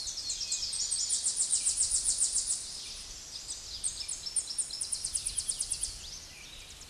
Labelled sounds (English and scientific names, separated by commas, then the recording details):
Tennessee Warbler (Leiothlypis peregrina) song
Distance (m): 35 m
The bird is about 5 m above the microphone
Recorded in a Pennsylvania forest on 16 May 2024 at 08:30
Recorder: AudioMoth, point MSD-0407
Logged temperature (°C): 15.8 °C
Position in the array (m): 74 m, 200 m